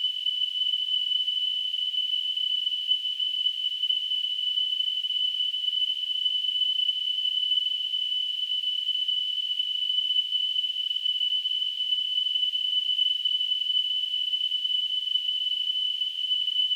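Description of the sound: A steady, unbroken high-pitched tone, around 3 kHz, with a faint hiss, lasting about 17 seconds without any change in pitch or loudness. This is a simulated tinnitus sound: a constant ringing like the phantom tone heard in the ears.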